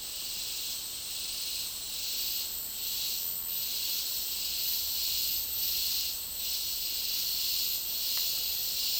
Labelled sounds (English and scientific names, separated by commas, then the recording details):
none
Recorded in dense forest near Puerto Asís, Putumayo, Colombia, on 24 March 2025 at 11:00
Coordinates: 0.499, -76.324
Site GP03